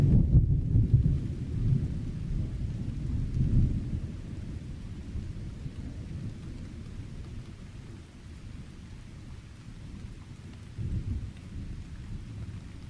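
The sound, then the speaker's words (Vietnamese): A nighttime thunderstorm: steady heavy rain pours throughout, with deep rumbling thunder rolling loudly at the start and swelling again near the end. No voices are heard. “Đêm đó, trời sấm chớp đì đùng và mưa lớn một cách dữ dội”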